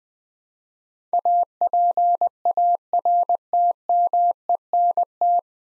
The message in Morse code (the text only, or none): APARTMENT